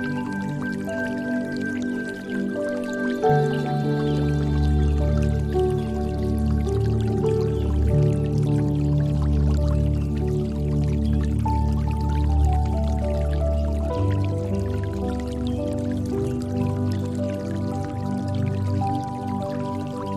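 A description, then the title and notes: Soft piano plays slow, sustained chords over a steady wash of water, with low bass notes entering around three seconds and holding through the rest. Notes ring and overlap smoothly, while gentle dripping and trickling continue evenly in the background at a constant level. Relaxing Piano Water Music. The gentle and fluid sounds of the piano harmonize with the tranquil sounds of water, creating a serene and peaceful atmosphere.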